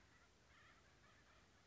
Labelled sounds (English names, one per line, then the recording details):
Acorn Woodpecker
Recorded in Sonoma County, California